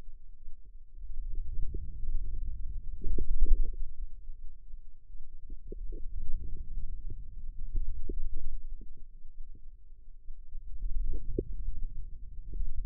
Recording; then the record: forearm muscle sounds (acoustic myography)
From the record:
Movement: wrist extension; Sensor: system 2, bracelet of six BSWA MPA416 microphones around the upper forearm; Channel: 6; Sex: female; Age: 25 years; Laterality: right